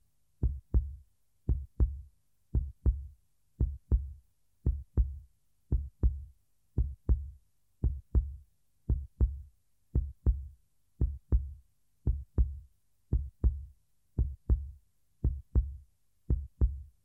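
Steady, regular adult heartbeat at about 58 beats a minute, each beat a low lub-dub pair of thumps; a slow, even heartbeat with no added noises.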